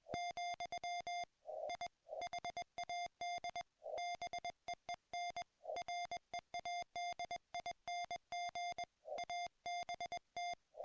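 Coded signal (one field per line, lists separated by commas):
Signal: Morse code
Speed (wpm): 21 wpm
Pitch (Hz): 2100 Hz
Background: music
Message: , I HAD BEEN READING ABT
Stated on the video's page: Ragchew QSO on 40m using a YouKits HB-1B QRP transceiver and NVIS inverted-V dipole fed with twisted pair.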